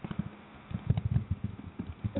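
Low, irregular gurgling rumbles come in a cluster of short bursts over about two seconds, with faint clicking in the background. These are bowel sounds, the ordinary growling of an adult's stomach as gas and fluid move through the gut.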